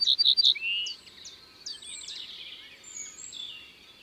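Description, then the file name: Ortolan bunting singing three clear ringing notes followed by a lower slurred note, with other birds chirping high and thin behind. Drôme, France. "Bruant ortolan Concerts Naturels de la Drome Studio les Trois Becs"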